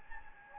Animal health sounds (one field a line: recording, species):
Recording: mosquito wingbeat signal from an infrared sensor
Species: Anopheles gambiae